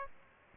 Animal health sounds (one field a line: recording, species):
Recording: mosquito wingbeat signal from an infrared sensor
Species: Aedes aegypti